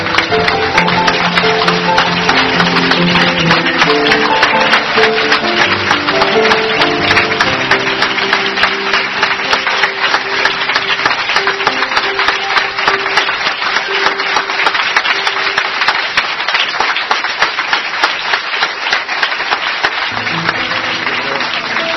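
A large crowd applauds continuously, a dense, loud wash of rapid clapping that holds steady for the whole stretch, with some low sustained tones humming faintly underneath.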